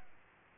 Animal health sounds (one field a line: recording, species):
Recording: mosquito wingbeat signal from an infrared sensor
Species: Aedes aegypti